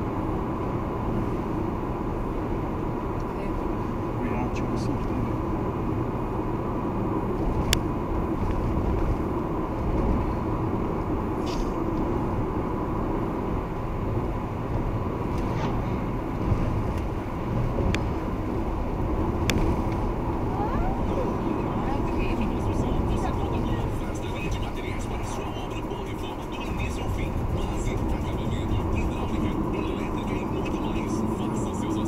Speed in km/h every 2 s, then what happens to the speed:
106, 105, 104, 107, 110, 110, 111, 112, 111, 110, 109, 106, 103, 101, 96, 91.
0-19 steady at about 110. 19-32 slows to 91.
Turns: none.